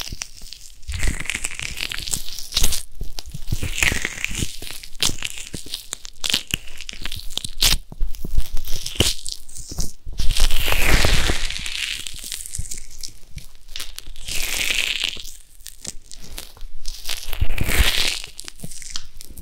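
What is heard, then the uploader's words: Ear massage sounds: dense crinkling and rubbing in uneven bursts, with brighter hissy swells near 11, 15 and 18 seconds. ASMR Ear Massage.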